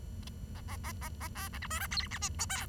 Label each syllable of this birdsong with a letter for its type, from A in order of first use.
A A A A A B C D E F G H I J K